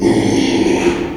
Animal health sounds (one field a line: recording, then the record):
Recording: squeal of a Yucatan mini pig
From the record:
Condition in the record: after surgery on the right vocal fold (resection and tissue-engineered implant)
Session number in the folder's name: 2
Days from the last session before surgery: 13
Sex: male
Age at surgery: 12 weeks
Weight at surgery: 13 kg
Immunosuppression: cyclosporine, prednisolone